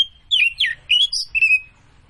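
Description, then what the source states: Oriental magpie-robin singing clear whistled notes, a long steady tone followed by swooping, slurred phrases and a drawn-out falling whistle. Referred to as kacer; described as gacor, in full song; Tretes.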